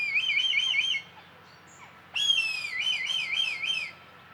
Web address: sound Red-kite. صدای-پرنده-کورکور-حنایی